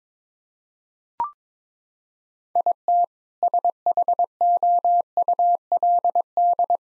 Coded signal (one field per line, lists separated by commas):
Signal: Morse code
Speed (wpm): 22 wpm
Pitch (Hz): 700 Hz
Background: none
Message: IT SHOULD